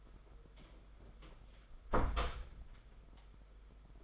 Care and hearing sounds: daily activity, microphone in the room; close door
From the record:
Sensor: 5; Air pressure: 991.8 hPa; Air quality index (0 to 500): 133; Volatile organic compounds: 81 ppm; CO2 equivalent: 3611 ppm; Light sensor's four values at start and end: 33/110/41/44 and 33/110/41/44

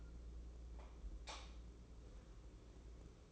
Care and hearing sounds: daily activity, microphone in the room; light off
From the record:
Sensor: 1

